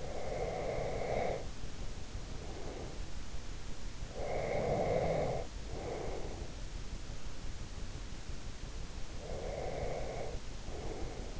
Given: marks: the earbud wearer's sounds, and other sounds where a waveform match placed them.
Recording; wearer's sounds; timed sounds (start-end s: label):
sounds in sleep by an in-ear microphone; breath
0.00-3.11 s: breath
4.06-6.83 s: breath
9.20-11.40 s: breath